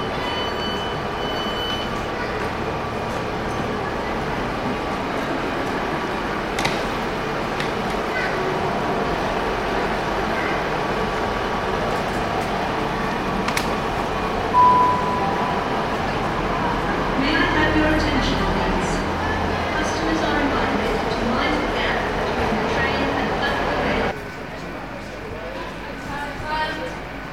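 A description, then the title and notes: Busy railway station ambience with a steady murmur of passengers talking and moving about, underpinned by a low rumble of idling trains. Occasional sharp clicks and knocks punctuate the crowd, and around the 24-second mark the noise suddenly thins and drops quieter. Exeter St David's Railway Station. Passengers arriving and departing on their railway journeys in the west country.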